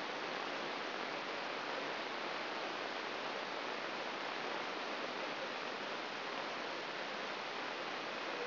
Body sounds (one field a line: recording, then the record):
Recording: brain microelectrode recording played as sound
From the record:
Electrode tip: outside the subthalamic nucleus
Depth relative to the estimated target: 5 mm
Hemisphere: right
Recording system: AlphaMap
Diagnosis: Parkinson's disease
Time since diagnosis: 11 years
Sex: male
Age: 66 years